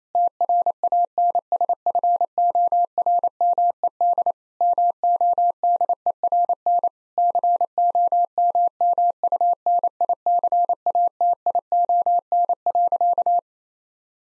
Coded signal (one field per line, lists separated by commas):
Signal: Morse code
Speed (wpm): 28 wpm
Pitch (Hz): 700 Hz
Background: none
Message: TRANSFORMED MODERN COMMUNICATION.